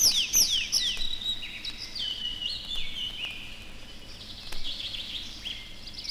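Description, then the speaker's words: Tree Pipit song opens with quick descending whistles, then runs through repeated trilled notes that step gradually lower in pitch, over a soft background hiss. Heard over forest edges and overgrown clearings; twittering part begun perched in a tree and continued while flying up, second part sung while gliding down to a neighbouring treetop. "Песня лесного конька слышна над лесными опушками и зарастающими сечами."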